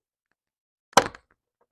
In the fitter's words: Wait for it to click again.